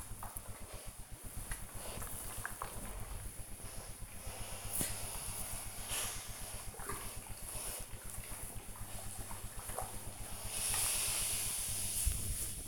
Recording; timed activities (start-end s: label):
household activities, microphone on the right wrist
0.00-12.68 s: ironing laundry